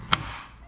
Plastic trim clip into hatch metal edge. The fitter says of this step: and you'll hear that click that's cuz there's a lip that bites onto the metal and then and on the top one